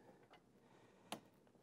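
The third plastic push pin of a CPU cooler heatsink is pressed down into its motherboard mounting hole and clicks into place at 1.1 s with a sharp, bright snap. A fainter tick follows at about 1.7 s over a quiet background. The pin is seated.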